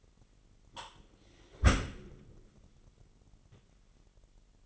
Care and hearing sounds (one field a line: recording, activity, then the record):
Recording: daily activity, microphone in the room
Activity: close dishwasher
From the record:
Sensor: 4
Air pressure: 999.2 hPa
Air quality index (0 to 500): 120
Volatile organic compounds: 2 ppm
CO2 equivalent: 1185 ppm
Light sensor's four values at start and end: 9/21/8/9 and 9/21/8/9